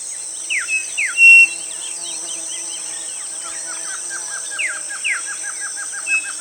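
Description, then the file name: Bird calls: sharp downward-sweeping whistles, a bright steady whistle, then a run of quick wavering notes and rapid ticking pulses, over a constant high insect hiss. "SABIOD 50 bird 2015"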